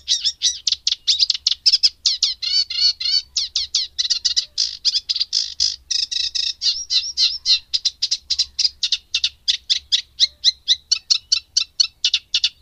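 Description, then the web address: Eurasian reed warbler in continuous song, fast jerky chattering with repeated churring phrases and occasional sweeping whistled notes, barely pausing throughout. "Madardalok Cd 3 Cserregő nádiposzáta"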